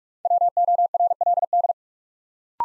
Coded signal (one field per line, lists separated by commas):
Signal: Morse code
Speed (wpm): 44 wpm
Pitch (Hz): 700 Hz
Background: none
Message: WORLD